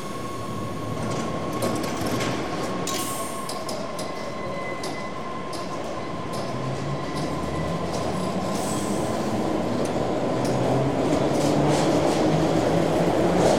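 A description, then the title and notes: A London Underground train on the platform at Regents Park rumbles steadily, with a thin high tone holding throughout and scattered clicks and rattles. The roar grows louder and fuller after about eight seconds, with a low droning pitch rising toward the end. Underground Railway – London on Platform (Regents Park): Train Arrives and Departs.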